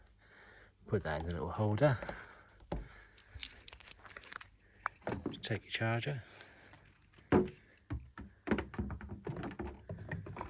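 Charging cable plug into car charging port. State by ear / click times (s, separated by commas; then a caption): not seated / none. A charging cable plug is handled at the charging socket of a 2019 Toyota Prius Plug-In Hybrid Business Edition while someone talks. Sharp knocks and thunks of handling are heard, with the loudest thunk around 7.3 seconds. The plug has not yet gone into the socket, and nothing has seated or clicked.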